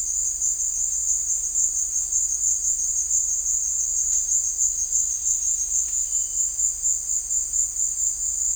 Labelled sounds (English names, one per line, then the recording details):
none
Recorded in dense forest near Puerto Asís, Putumayo, Colombia, on 20 December 2024 at 16:00
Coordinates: 0.485, -76.318
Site GP03